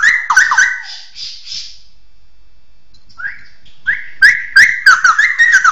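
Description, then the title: Bird giving rapid chattering whistles, a pause, then a fast run of sharp repeated notes. "SuaraBurung Kicau1"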